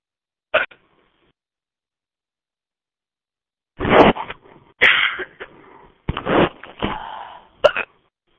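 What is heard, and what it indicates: Sudden sharp gulping bursts at irregular intervals, mixed with laugh-like sounds: an adult with ongoing hiccups during a voice chat.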